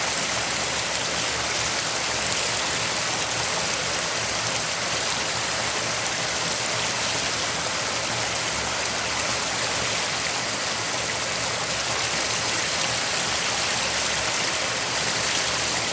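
A waterfall rushes steadily for the whole clip, a dense, even hiss strongest in the bright upper range, with no breaks or other sounds.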